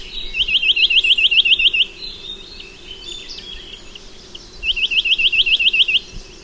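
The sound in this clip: Snowy-browed nuthatch call: two quick runs of about ten sharp, upslurred notes, separated by a pause of roughly three seconds, with faint chirps behind.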